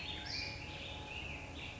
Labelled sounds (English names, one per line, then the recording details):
Black-headed Grosbeak
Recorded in Sonoma County, California